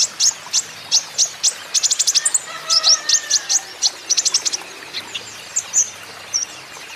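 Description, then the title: Van Hasselt's sunbird delivering fast runs of piercing high chips, clustered into quick trills then spacing out, with a faint lower whistle in the background. Young green-plumaged (konin ijoan) caged bird in energetic (gacor) song, used as a lure and therapy so untrained young (konin) birds surely answer. "KOLIBRI NINJA KONIN IJOAN GACOR COCOK UNTUK PANCINGAN TERAPI KONIN BAHAN PASTI NYAUT"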